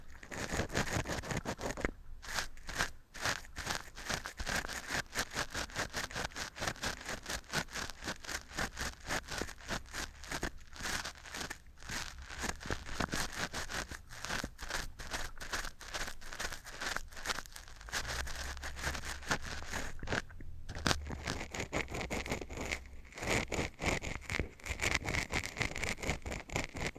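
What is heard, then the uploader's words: Dense scratching runs almost without a break for the whole stretch, a rapid, rough rasp with bright crinkly edges. Brief gaps fall near the two- and twenty-second marks, and a low rumble sits underneath at times. Scratching & Tapping Triggers. (NO TALKING).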